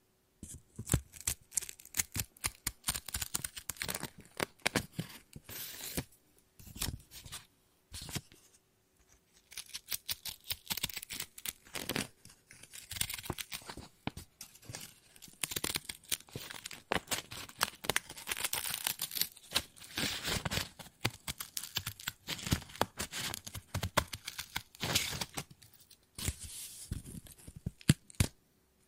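Paper is snipped and cut with scissors in a steady run of short, crisp clicks and rasps, some bunched into quick flurries and others spaced apart. The sounds are bright and dry, with brief pauses near 8 and 20 seconds.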